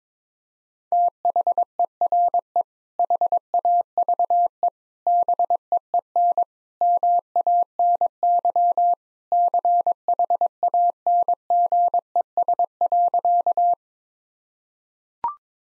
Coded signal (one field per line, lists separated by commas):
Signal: Morse code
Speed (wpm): 22 wpm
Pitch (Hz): 700 Hz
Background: none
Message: THERE HAVE BEEN MANY CHANGES.